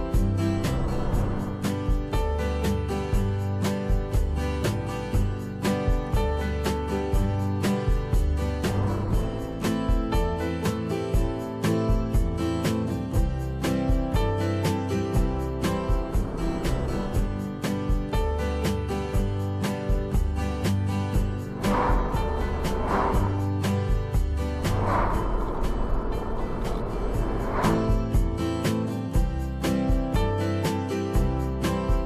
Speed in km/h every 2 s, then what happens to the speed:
46, 46, 45, 44, 44, 44, 43, 43, 43, 44, 43, 43, 43, 43, 43, 41.
0-32 steady at about 43.